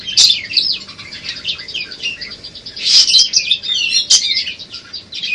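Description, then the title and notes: Songbird song, loud, dense high twittering with sharp chirps and scratchy trills pouring out without pause. Master recording used for training songbirds, from a collection of bird master recordings. "Kumpulan Masteran Burung"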